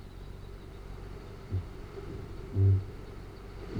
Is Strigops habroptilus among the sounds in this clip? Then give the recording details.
yes. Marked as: faintness 5/5, faintness 2/5. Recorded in New Zealand. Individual Arab